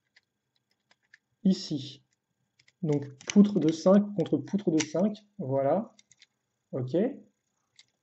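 A 5-long plastic LEGO Technic beam is being pressed against another 5-long beam with pins on the truck frame of a LEGO Ninjago Skull Truck. Someone talks through most of the clip, with a few faint, brief ticks of handling around 0.2, 0.6, 0.9, 1.1 and 7.8 s. Nothing has seated or clicked into place yet.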